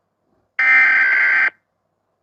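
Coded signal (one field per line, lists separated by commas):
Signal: Emergency Alert System (SAME) tones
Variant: header bursts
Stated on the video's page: Argentine EAS alarm recreation, made on request.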